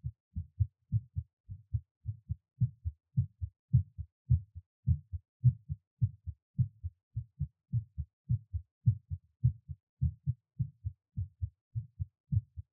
Give my Heartbeat. I recorded it right away when I was done with the workout.